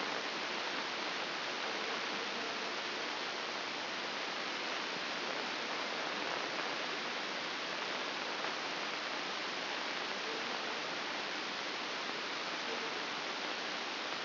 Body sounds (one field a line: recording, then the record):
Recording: brain microelectrode recording played as sound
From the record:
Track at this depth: outside the subthalamic nucleus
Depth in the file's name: 6.661 mm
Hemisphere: left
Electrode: 2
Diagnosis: Parkinson's disease